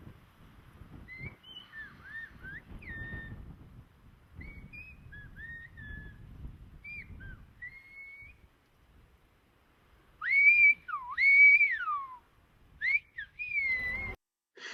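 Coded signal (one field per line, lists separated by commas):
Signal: whistled language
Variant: Silbo Gomero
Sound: soft background murmur, then several loud gliding whistles rising and falling between phrases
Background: quiet talk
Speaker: we'll just let you hear like a short exchange in sobo just to get an idea for what it actually sounds like when someone speaks a whistling language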